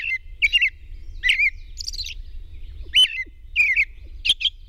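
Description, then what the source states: European robin song: quick, sweet, tinkling phrases, some dropping and some climbing very high, separated by brief gaps, with a constant low drone behind. Recorded at dawn on 21 June 2001.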